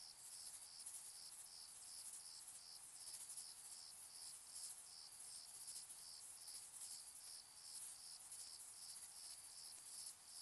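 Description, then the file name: Long stretch of crickets chirping in rapid, regular shrill pulses, about two or three per second, over an unbroken high insect drone. Distant crickets in summer fields during evening and night; shrill, high-frequency, flat night ambience. "summer-in-the-fields-evening-night-004-distant-crickets-shrill-high-frequencies-flat-night"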